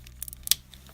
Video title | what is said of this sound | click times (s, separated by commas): Transformers Masterpiece MP-39 Sunstreaker Cdog Cdog review | and snapping it into place. | 0.5 s